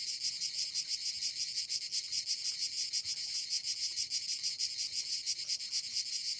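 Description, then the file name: Cricket chorus of fast, high-pitched pulsed chirps, many insects overlapping into an even, unbroken buzzing trill. "Crickets Orchestra"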